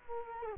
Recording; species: mosquito wingbeat signal from an infrared sensor; Culex quinquefasciatus